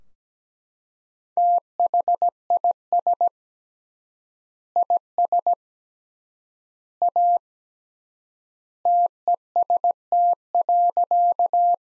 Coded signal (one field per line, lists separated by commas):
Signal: Morse code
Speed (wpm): 17 wpm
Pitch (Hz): 700 Hz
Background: none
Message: THIS IS A TEST.